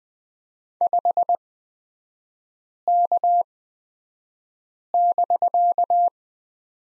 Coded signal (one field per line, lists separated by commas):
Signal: Morse code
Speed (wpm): 20 wpm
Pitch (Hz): 700 Hz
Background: none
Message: 5K<BK>